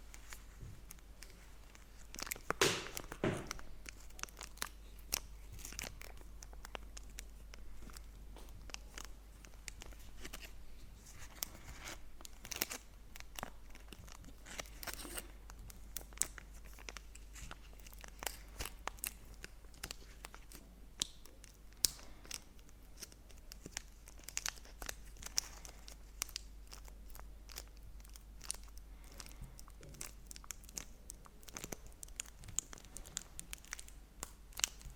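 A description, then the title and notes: Chocolate wrappers are crinkled and torn in a steady run of dense, bright crackling clicks, with a louder rustling burst near the start. Crinkle sounds on Kinder Chocolate.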